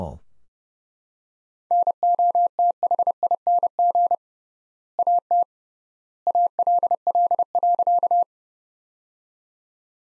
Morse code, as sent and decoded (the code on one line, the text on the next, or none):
-. --- - .... .. -. --. / .- - / .- .-.. .-.. .-.-.-
NOTHING AT ALL.